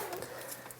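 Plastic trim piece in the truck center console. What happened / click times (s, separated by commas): The plastic trim piece popped free / 0.7 s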